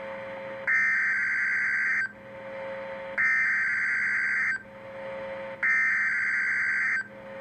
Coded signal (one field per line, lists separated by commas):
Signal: Emergency Alert System (SAME) tones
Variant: header bursts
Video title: EAS Compilation: Oklahoma/Arkansas Severe Weather...and More! | NOAA Weather Radio (4/13/2014)